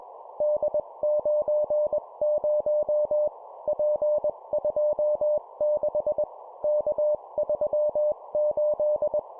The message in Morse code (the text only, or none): D90 P26 K38